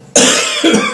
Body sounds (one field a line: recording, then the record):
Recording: coughing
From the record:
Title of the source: Spring Cold Coughing.